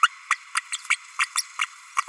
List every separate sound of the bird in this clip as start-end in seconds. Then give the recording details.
0.02-0.08, 0.30-0.36, 0.73-0.77, 0.90-0.96, 1.19-1.26, 1.36-1.42, 1.59-1.66. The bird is a female. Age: 32 days. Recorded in a nest box in Venezuela. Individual 17B32A5